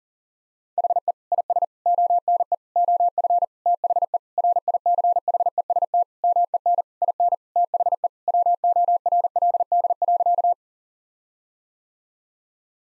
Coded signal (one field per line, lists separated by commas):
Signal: Morse code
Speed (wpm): 40 wpm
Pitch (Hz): 700 Hz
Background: none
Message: HE IS ONE OF THE RICHEST MEN IN THE WORLD.